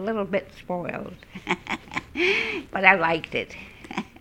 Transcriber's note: she laughs